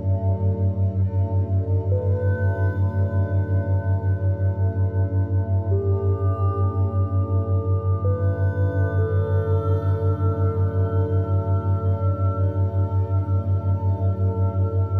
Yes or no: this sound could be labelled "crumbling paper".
no